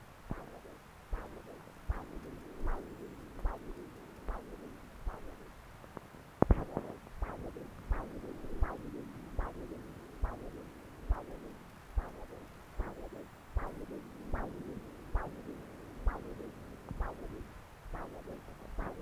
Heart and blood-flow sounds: Doppler ultrasound of blood flow; right subclavian vein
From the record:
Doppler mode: continuous wave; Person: adult scuba diver, at rest before a dive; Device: O'Dive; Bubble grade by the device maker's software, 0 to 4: 0

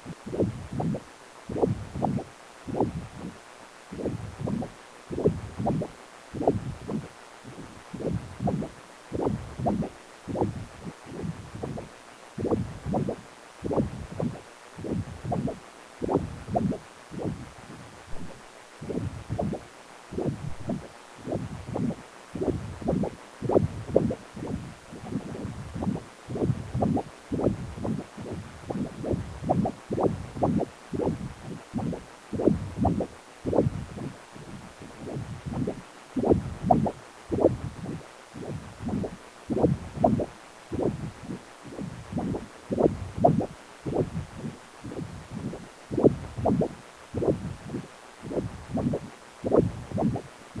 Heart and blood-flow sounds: Doppler ultrasound of blood flow; precordium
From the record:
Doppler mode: continuous wave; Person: healthy adult, 18 to 50 years, no heart murmur, not diving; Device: 2.5 MHz transducer

